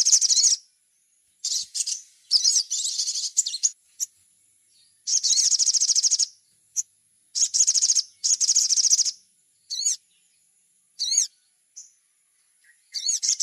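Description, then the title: Little spiderhunter song: high, rapid chattering trills about a second long, alternating with short swooping whistled notes and pauses, over a faint steady high whine. Masteran recording, used for training songbirds. "Masteran Burung Sogok Ontong Labaik"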